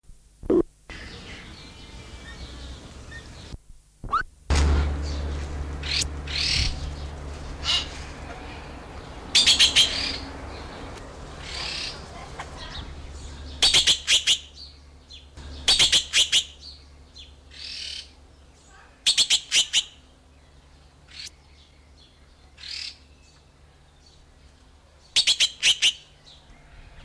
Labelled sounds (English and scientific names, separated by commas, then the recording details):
Red-billed Blue Magpie (Urocissa erythroryncha) call
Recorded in captivity
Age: adult
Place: Zoo Berlin, Berlin, DE
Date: 1999-07-20 17:16
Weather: fair before thunderstorm, 26-28°C
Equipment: Sony WM-D6C, Sennheiser ME 80, Kopie Uher 4000 Report Monitor
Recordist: Tembrock, Günter